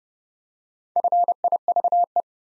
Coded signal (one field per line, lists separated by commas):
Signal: Morse code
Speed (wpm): 30 wpm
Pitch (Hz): 700 Hz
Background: none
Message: FIVE